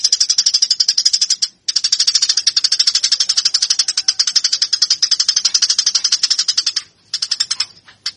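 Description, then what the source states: Eurasian tree sparrow chattering in fast, scratchy rattling pulses, continuing almost unbroken before a short stuttering end. Fighting call; master track used for training birds.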